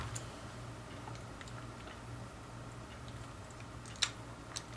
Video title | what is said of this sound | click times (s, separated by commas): Colt 1911 complete disassembly | snap right in should oh yeah | 4.0 s